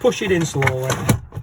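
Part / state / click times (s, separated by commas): toilet waste cassette into camper van toilet housing / not seated / none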